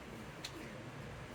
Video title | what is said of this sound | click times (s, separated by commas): 2006-2015 Audi Q7 Door Glass and Window Regulator Replacement Guide - Ensure Smooth Window Operation | Heard the click noise. | 0.5 s